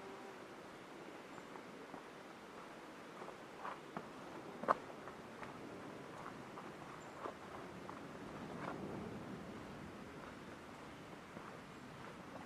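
Forest ambience in Portland's Ancient Forest Preserve: a steady, soft rushing wash, like wind or distant traffic, runs throughout. Scattered faint clicks and ticks break through irregularly, with one sharp crack just before five seconds and a slight swell in the hush around nine seconds.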